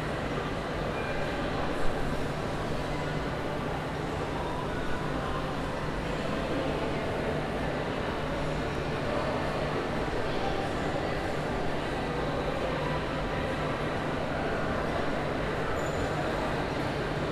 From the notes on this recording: squeaky shoes, families shopping and a metal chair scraping against the floor